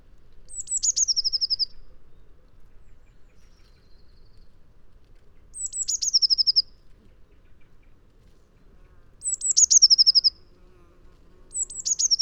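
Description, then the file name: Eurasian blue tit repeating a bright, high phrase: a thin falling note then a rapid silvery trill, heard four times at uneven intervals. "Cyanistes caeruleus"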